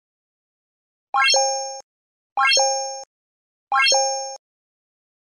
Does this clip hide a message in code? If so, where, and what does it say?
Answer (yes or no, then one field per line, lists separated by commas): no